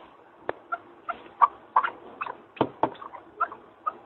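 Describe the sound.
Partridge calls, a scattered run of short harsh clucks at uneven intervals, some doubled, with quiet gaps between them.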